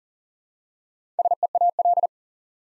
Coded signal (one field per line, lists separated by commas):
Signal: Morse code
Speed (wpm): 41 wpm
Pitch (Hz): 700 Hz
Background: none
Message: SEAL